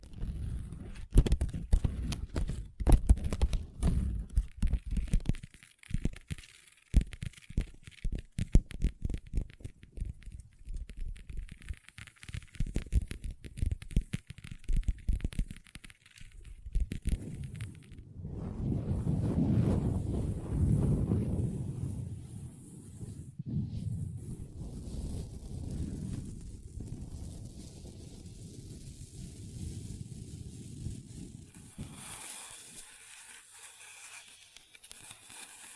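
Long nails tap a table in quick, dense clusters for the first sixteen seconds, then turn to steadier low scratching and rubbing before ending.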